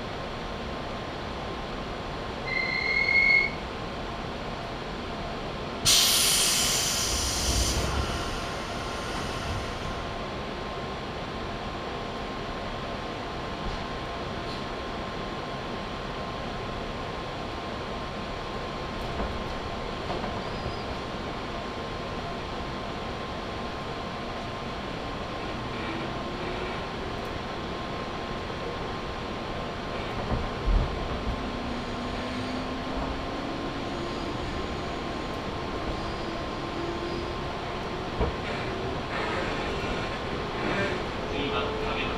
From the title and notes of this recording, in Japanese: 中央西線 十二兼→木曽福島。十二兼駅を過ぎると単線区間が出てきます。